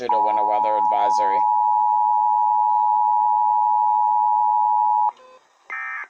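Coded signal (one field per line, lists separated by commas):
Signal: Emergency Alert System (SAME) tones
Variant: 853 and 960 Hz attention tone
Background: speech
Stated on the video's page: Required Weekly Test EAS alert heard on KDKA.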